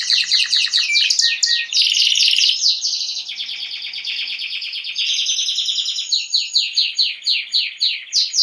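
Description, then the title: Canary singing dense, unbroken high trills and rolls, shifting between rapid pulsed phrases and smoother buzzy stretches throughout. Male Belgian canary named Raiden singing a lot; played to warm up young birds and Belgian canaries. "Esquente Seu Filhote E Canario Belga Em 30 Minutos Macho Cantando Muito. Canrio Belga RAIDEN Cantando Muito - Esquente seu Canrio Belga"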